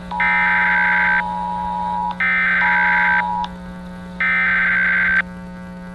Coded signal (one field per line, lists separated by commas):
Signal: Emergency Alert System (SAME) tones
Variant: header bursts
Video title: Hawaii Missile Hoax (REMAKE) a EAS scenario